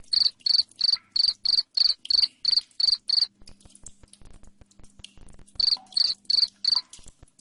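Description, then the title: Cricket chirping in a fast, regular string of bright pulses, falling silent for two seconds with a low hum, then chirping four more times. Loud cricket chirping (ngerik) played to make lovebirds sing (ngekek) continuously. "Suara JANGKRIK NGERIK Keras Bikin LOVEBIRD Jadi NGEKEK Terus"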